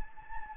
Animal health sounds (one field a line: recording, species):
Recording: mosquito wingbeat signal from an infrared sensor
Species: Anopheles gambiae